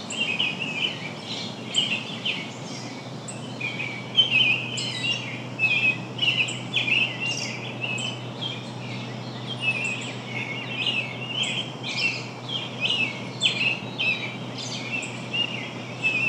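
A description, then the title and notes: Songbirds sing in an early morning chorus just before sunrise, with many bright chirps and trills overlapping almost constantly through all sixteen seconds. Beneath the birds runs a steady low hum and a soft, even hiss that never changes. Backyard Birds. Early morning songbirds perform their song to greet the day just before sunrise outside of a home in West Michigan.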